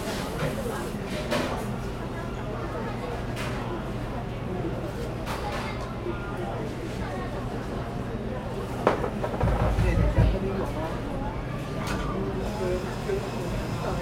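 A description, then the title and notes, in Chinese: Bar work clatters amid steady chatter and a low rumble, with sharp clinks every few seconds and a heavier thud around ten seconds. Louisa coffee淡水捷運門市。吧台工作的聲音像電影中的的冷兵器對決，屋頂上的捷運經過像是戰機駛入，整個店的牆壁在震動，背後還有公車站停靠。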